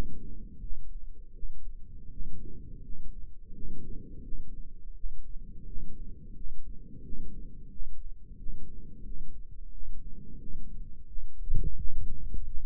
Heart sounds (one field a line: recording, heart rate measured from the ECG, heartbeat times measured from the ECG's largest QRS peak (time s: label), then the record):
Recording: heart sounds by microphone in the right ear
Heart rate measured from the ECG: 86 bpm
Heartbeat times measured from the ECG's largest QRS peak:
0.59 s: heartbeat
1.32 s: heartbeat
2.09 s: heartbeat
2.81 s: heartbeat
3.52 s: heartbeat
4.21 s: heartbeat
4.93 s: heartbeat
5.64 s: heartbeat
6.33 s: heartbeat
7.01 s: heartbeat
7.69 s: heartbeat
8.36 s: heartbeat
9.02 s: heartbeat
9.70 s: heartbeat
10.37 s: heartbeat
11.05 s: heartbeat
11.76 s: heartbeat
12.44 s: heartbeat
From the record:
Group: healthy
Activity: rest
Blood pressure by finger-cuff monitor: 116/64 mmHg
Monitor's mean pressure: 80 mmHg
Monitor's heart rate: 86 bpm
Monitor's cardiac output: 9 L/min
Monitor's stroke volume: 106 mL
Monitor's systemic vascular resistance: 630 dyn s/cm5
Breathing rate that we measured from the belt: 18 breaths a minute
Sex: male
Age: 24 years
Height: 184 cm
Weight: 89 kg